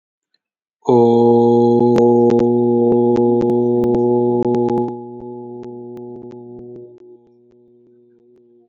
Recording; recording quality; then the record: sustained vowel as in boot; excellent, no background noise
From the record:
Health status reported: healthy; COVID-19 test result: not tested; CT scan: not taken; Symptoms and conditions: cough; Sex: male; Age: 18 years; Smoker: no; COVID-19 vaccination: both doses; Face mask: worn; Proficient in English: yes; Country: India